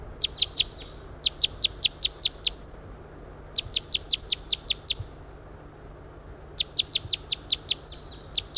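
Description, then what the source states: Crossbill calls, clear sharp chips in rapid runs of several notes, separated by short pauses. Male calling; he is the mate of a new female and has been captured.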